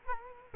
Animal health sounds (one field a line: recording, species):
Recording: mosquito wingbeat signal from an infrared sensor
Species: Culex quinquefasciatus